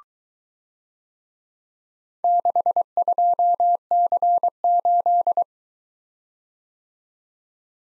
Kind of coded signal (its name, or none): Morse code